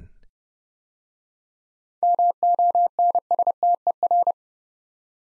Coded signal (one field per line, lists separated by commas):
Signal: Morse code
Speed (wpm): 29 wpm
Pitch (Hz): 700 Hz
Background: none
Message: MONSTER